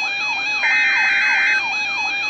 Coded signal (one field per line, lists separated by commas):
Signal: Emergency Alert System (SAME) tones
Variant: header bursts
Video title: NOAA Weather Radio - EAS #236 - Tornado Warning - 7/25/12